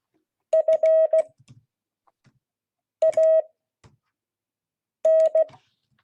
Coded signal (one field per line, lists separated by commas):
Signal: Morse code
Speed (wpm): 16 wpm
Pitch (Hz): 640 Hz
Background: none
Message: FAN